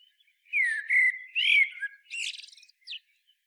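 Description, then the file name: Common blackbird singing a mellow, slurred whistled phrase rising and falling, ending in a thin scratchy chatter and a short high squeak. "Turdus merula"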